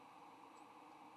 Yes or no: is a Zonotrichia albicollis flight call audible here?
no